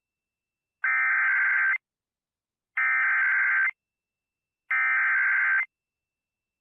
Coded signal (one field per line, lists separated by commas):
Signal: Emergency Alert System (SAME) tones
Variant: header bursts